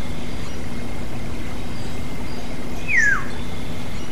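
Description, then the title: Black-naped oriole makes a single sliding, downward whistle near the end, preceded by steady hum and soft ambient noise. "kepodang"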